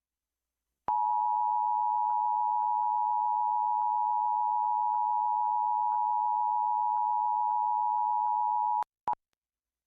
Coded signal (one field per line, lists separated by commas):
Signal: Emergency Alert System (SAME) tones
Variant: 853 and 960 Hz attention tone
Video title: Required Monthly Test for Delaware on WPPX-DT8 [EAS #510]